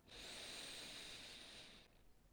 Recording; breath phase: one breath near a microphone; inhalation